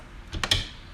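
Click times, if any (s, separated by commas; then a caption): 0.4 s, 0.5 s. A buttonhole presser foot is aligned with the metal bar under the sewing machine's presser foot holder, and the lever is lowered. The holder snaps onto the foot with sharp clicks at 0.4 s and 0.5 s. The foot is reattached and seated.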